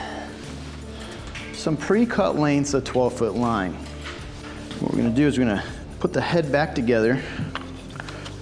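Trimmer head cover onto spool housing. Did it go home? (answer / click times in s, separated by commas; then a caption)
yes / 7.6 s, 8.0 s. Someone talks while a plastic string trimmer head cover is pressed back onto its spool housing during reassembly. Sharp clicks are heard at about 7.6 s and 8.0 s as the head fully engages and its tabs pop out. The result is that the trimmer head is seated and locked in place.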